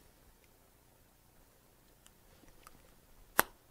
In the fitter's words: ah there we go that's the click i was looking for